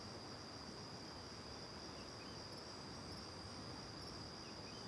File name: De costas para o rio perto da caverna angelica de manha, varios passaros, grilos longe e depois perto, gravacao em ab